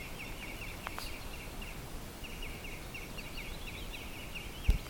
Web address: linnut valkoviklo